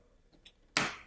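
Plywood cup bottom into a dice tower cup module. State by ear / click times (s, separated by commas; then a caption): seated / 0.8 s. A plywood bottom piece is pressed onto a cup of an Ugears Modular Dice Tower model, a wooden mechanical kit. A faint tick comes at about 0.5 s, then a sharp, loud click at 0.8 s as the bottom seats into the cup.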